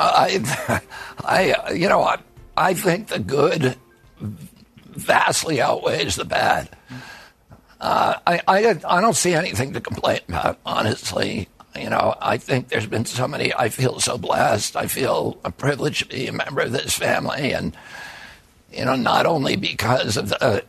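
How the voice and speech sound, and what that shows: Rough, creaky, strained adult male voice with frequent glottal catches and breaks, typical of spasmodic dysphonia. A neurological disorder, spasmodic dystonia, followed an injury in 1996 at age 42. Nerve signals make the vocal cords tighten constantly, giving a gravelly voice. Surgery in Kyoto, Japan, about 8 months earlier made the voice more reliable.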